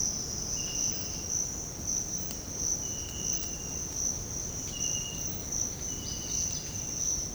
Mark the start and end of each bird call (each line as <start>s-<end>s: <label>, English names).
6.09s-7.34s: Palm Tanager